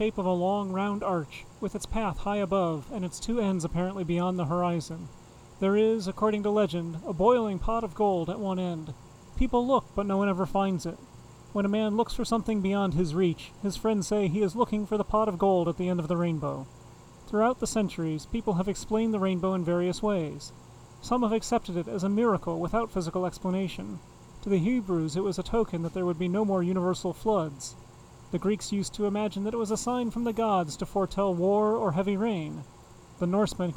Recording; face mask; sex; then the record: reading aloud; none; male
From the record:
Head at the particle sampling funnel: facing it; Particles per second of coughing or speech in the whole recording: 0.821